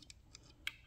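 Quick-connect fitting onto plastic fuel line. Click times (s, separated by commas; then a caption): 0.7 s. A port-injection quick-connect fuel fitting is pushed onto a plastic fuel line while a BimmerNetwork intake manifold is installed on a 340i. A few faint ticks come first, then one sharp, loud click at 0.7 s as the fitting snaps on and seats.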